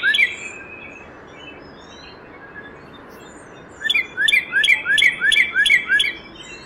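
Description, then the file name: Northern cardinal song: a brief slurred note, then a rapid run of about eight repeated down-slurred whistles near the end. "noca"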